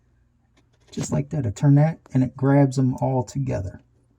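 Under the sink during the install of a FROPO high-arc single-handle stainless steel kitchen faucet, the pull-down hose quick connector is handled near its supply/hose fitting while someone talks. Nothing has seated or clicked yet.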